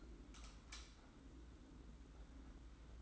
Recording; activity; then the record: daily activity, microphone in the room; light on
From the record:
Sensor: 3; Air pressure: 991.9 hPa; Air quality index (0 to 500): 224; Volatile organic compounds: 1000 ppm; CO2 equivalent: 7688 ppm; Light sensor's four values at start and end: 16/39/15/14 and 16/39/15/14